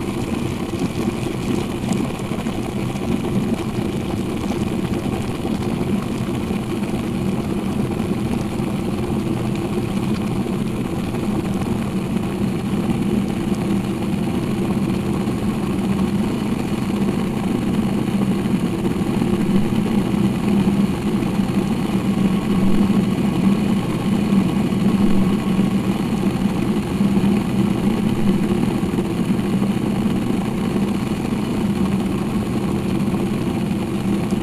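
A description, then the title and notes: Water boils in a steady, dense low rumble that holds the same level for the whole clip. The churning is constant, with a faint thin hiss above it and no separate pops or sudden changes standing out. Melodic Sounds of Boiling Water.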